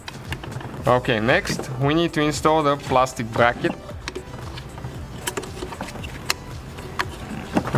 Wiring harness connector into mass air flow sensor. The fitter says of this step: Okay, and just push it in until it clicks.